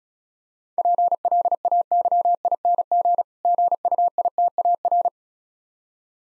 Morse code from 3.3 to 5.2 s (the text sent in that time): GUITAR